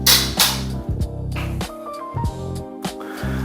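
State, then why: Seated. On the back of a Pride Jazzy Carbon 27X folding carbon fiber power wheelchair, back parts are pulled up and fold into the frame, snapping into place with one loud hit at 0.4 s. Background music plays throughout, with two softer sharp hits at about 1.6 s and 2.9 s.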